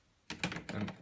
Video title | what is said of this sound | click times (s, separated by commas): Komplett-Reinigung des Kaffeevollautomaten Siemens EQ.9 S500 | eingerastet dann ist das auch wieder fertig da | 0.3 s, 0.4 s